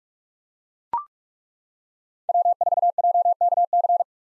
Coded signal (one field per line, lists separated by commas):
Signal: Morse code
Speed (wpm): 42 wpm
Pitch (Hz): 700 Hz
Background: none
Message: W4JKC